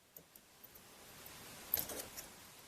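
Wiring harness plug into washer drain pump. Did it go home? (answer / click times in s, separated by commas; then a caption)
yes / 1.7 s. A wiring harness electrical plug is pushed onto the drain pump of a Whirlpool washer during a repair for the F9E1 "Check That Drain is Clear" error. A few faint ticks come first, then a sharp snap at 1.7 s with a quick follow-up tick at 1.8 s. The connector snaps fully in and is seated.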